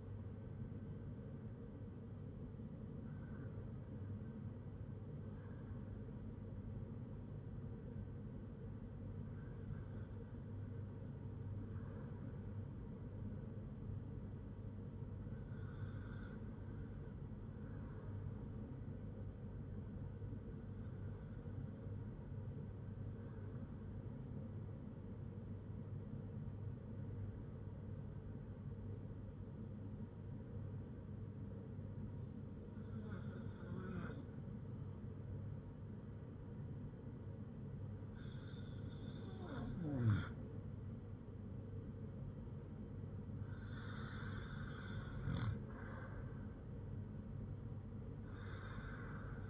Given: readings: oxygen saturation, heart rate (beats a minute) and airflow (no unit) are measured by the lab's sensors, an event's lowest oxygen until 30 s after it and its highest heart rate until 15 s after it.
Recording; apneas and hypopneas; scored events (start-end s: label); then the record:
breathing in sleep by a smartphone at the bedside; 1
26.00-44.00 s: hypopnea (REM, oxygen 97% highest, then 92% lowest, heart rate 58 at the start, 62 highest)
From the record:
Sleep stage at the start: REM sleep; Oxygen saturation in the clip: 92 to 97%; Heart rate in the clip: 53 to 62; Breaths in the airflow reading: 8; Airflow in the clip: -5.7 to 4.7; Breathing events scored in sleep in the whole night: 182 in 7.4 hours asleep